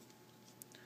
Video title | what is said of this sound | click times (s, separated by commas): SDCC Exclusive - Fall of Cybertron BRUTICUS | just want to make sure that locks into place | 0.6 s